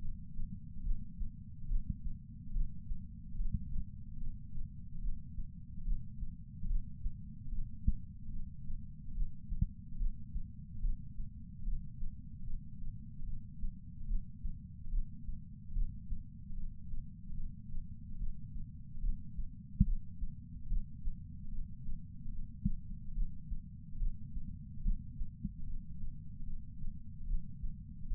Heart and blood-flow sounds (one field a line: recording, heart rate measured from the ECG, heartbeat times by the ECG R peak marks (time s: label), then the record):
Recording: heart sounds by patch sensor on the chest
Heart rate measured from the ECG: 73 bpm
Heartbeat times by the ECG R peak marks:
0.82 s: heartbeat
1.67 s: heartbeat
2.52 s: heartbeat
3.36 s: heartbeat
4.18 s: heartbeat
5.00 s: heartbeat
5.83 s: heartbeat
6.66 s: heartbeat
7.49 s: heartbeat
8.30 s: heartbeat
9.13 s: heartbeat
9.97 s: heartbeat
10.80 s: heartbeat
11.63 s: heartbeat
12.44 s: heartbeat
13.24 s: heartbeat
14.06 s: heartbeat
14.89 s: heartbeat
15.73 s: heartbeat
16.54 s: heartbeat
17.34 s: heartbeat
18.16 s: heartbeat
19.00 s: heartbeat
19.84 s: heartbeat
20.68 s: heartbeat
21.49 s: heartbeat
22.30 s: heartbeat
23.13 s: heartbeat
23.97 s: heartbeat
24.82 s: heartbeat
25.64 s: heartbeat
26.44 s: heartbeat
27.25 s: heartbeat
28.08 s: heartbeat
From the record:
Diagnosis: coronary artery disease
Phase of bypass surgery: preoperative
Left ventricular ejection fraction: 32.2%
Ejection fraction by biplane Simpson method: 32%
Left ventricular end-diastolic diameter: 64 mm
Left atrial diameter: 40 mm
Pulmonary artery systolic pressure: 18 mmHg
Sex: male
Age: 49 years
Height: 175 cm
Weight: 80 kg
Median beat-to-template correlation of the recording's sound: 0.84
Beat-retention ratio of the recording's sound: 1.00